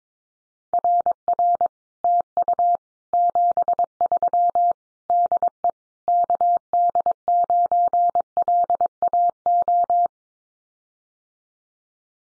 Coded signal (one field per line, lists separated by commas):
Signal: Morse code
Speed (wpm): 22 wpm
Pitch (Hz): 700 Hz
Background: none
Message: RR TU 73 DE KD9LAO